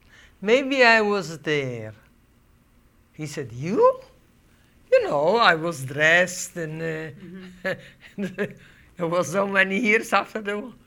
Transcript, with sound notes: " Maybe I was there." He said, "You?" You know, I was dressed. ( she laughs ) There were so many years after the war.